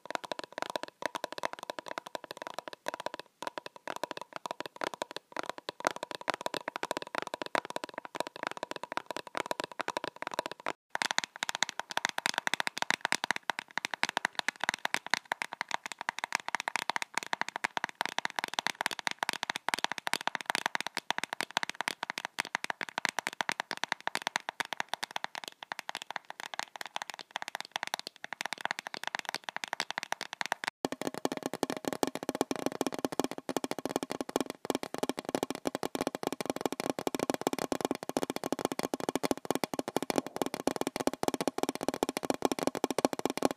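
Fingers tap various objects, mostly plastic, at a quick, steady pace with dense clicks throughout. Abrupt cuts near 11 and 31 seconds switch to new surfaces, the last section sounding brighter and fuller.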